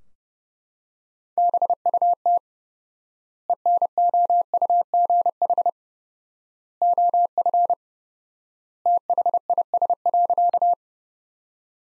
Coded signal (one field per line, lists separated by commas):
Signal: Morse code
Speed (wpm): 30 wpm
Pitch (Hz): 700 Hz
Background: none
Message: BUT ENOUGH OF THIS.